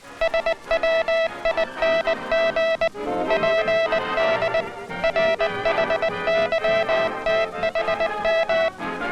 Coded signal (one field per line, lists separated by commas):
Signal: Morse code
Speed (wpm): 19 wpm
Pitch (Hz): 660 Hz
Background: music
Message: SWING PD RHYTHM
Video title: INTERNATIONAL MORSE CODE - US Army 1966 (Public Domain)